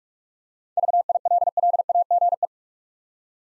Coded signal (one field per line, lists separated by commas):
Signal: Morse code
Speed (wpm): 46 wpm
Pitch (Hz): 700 Hz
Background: none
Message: VILLAGE